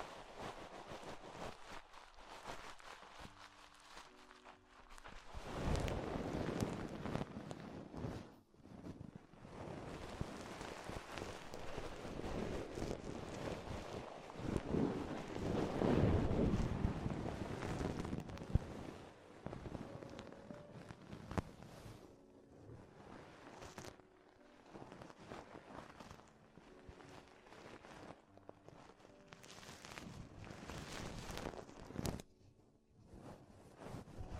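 Ear exploration sounds: dense, rough rustling and scratching rub against the microphone almost without pause, swelling loudest around the middle. Brief quiet gaps break in near eight seconds and again near the end, with faint low humming tones surfacing between the rubbing.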